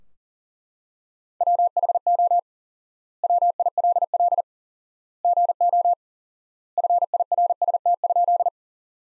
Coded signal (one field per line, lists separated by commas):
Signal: Morse code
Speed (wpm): 40 wpm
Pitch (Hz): 700 Hz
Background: none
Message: WHO WILL GO FIRST?